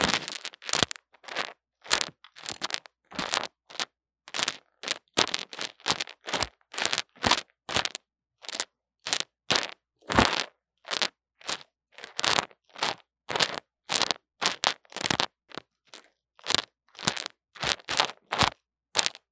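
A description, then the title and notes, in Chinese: Grainy crackles and crunches, made by handling materials against a microphone, come in quick separate bursts two or three times a second for the whole stretch. Each burst is short and sharp, crisp up high, with near silence between them. 各種玩弄線麥-各種顆粒聲。Lo-fi Earphone Mic。No Talking。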